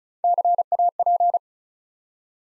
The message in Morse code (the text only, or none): CAP